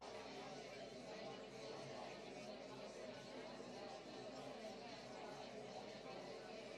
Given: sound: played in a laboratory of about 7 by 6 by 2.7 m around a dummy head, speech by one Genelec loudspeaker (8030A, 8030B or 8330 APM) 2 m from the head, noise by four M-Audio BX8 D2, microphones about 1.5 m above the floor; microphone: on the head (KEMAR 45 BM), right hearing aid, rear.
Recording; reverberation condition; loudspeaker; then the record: babble noise; low; four, about 170 cm from the corners of the room and facing them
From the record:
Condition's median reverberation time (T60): about 310 ms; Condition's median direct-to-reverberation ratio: about 3.5 dB